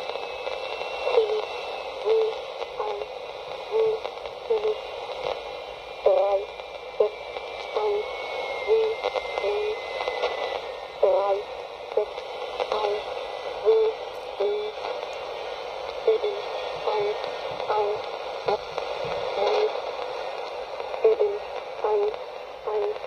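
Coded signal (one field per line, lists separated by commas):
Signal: numbers station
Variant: G06 German Lady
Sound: a woman's voice reading short evenly spaced words over shortwave hiss and a faint whistle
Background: radio static, heterodyne whistle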